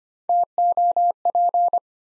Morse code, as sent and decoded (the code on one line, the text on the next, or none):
- --- .--.
TOP